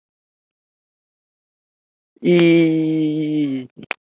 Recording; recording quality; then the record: sustained vowel as in beet; excellent, no background noise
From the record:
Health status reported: healthy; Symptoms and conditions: none ticked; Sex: male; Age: 26 years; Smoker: not ticked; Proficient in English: yes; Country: India